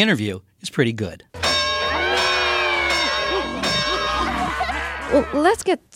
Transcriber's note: soundbite of bell and screaming